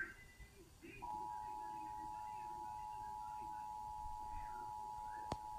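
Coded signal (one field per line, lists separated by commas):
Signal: Emergency Alert System (SAME) tones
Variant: 853 and 960 Hz attention tone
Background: speech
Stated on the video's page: Severe Thunderstorm Warning alert tones on NOAA Weather Radio and TV.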